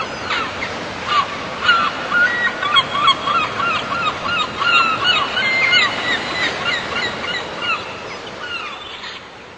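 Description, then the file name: Many gulls give rapid, harsh yelping calls in a crowded, overlapping chorus, with a few longer wailing notes, over a constant background of surf. "Gaivotas"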